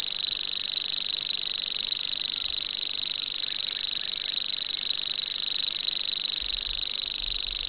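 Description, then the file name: Common grasshopper warbler song, a steady high-pitched mechanical reel of fast uniform pulses running on unbroken. "grasshopper warbler omkicau"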